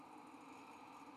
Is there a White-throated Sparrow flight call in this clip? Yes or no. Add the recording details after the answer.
no. No flight call is heard. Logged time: 11:15 on 5 December 2014